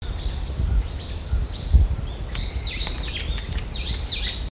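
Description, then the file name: Red-flanked bluetail calls: short, thin, high whistled notes, some slurred and falling, given a few times, with faint low rumble and clicks in the background. "ruribitaki"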